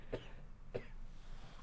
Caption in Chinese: 主持人感冒了！而且還是一直咳嗽的感冒。 最近身体欠佳，就是感冒了，然后我 现在就是必须要戴着口罩，然后我等下讲话可能会一直疯狂咳嗽。